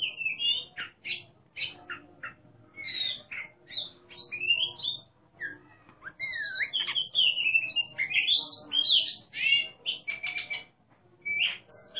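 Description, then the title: Oriental magpie-robin song: varied rapid phrases of rising and falling whistles and sharp notes, delivered almost nonstop. Competition bird singing in the ngeplong style, described as gacor (singing abundantly) and a national champion. "burung berkicau Kacer Ngeplong gacor Juara Nasional. burung Kacer"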